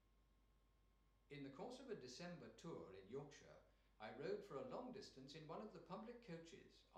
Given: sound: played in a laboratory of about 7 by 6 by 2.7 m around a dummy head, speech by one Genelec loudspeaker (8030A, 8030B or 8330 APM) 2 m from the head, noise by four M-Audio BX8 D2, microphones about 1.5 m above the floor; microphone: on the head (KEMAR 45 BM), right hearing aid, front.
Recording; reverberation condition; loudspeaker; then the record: male speech in English; medium; 120 degrees to the right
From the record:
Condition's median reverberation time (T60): about 510 ms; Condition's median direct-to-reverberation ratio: about -0.5 dB